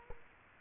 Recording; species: mosquito wingbeat signal from an infrared sensor; Culex quinquefasciatus